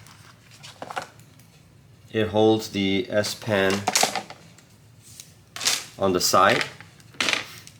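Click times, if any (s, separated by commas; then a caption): 7.2 s. An S Pen stylus is pushed into the plastic holder on the side of a Spigen case for a Samsung Galaxy Z Fold phone while someone talks. A sharp, loud snap at 7.2 s marks the stylus seating in the holder.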